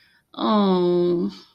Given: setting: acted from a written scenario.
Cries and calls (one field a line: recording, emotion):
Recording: vocal sound without words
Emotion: sympathy